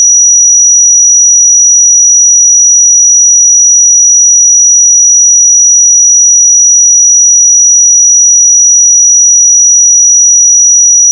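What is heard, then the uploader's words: A pure 5829 Hz sine tone holds perfectly steady and bright at constant loudness for the whole clip, with no other sounds. 5829 Hz 1 Hz Interval Sine Pure Tone Frequency 441000 Sample Mono.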